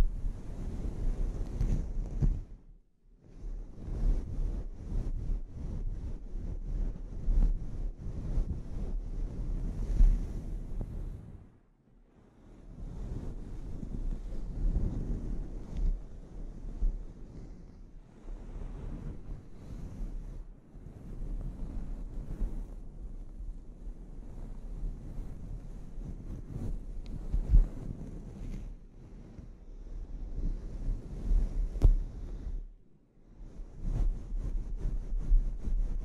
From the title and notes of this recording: ASMR Sleep Inducing Scalp Treatment (No Talking).